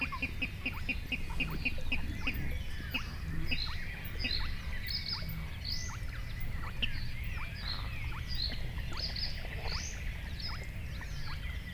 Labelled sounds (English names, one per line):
Spotted Crake